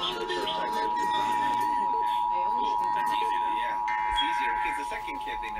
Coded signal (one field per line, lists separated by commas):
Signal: Emergency Alert System (SAME) tones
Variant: 853 and 960 Hz attention tone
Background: speech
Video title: Los Angeles Required Monthly Tests (EAS #2166-2175) 6/30/20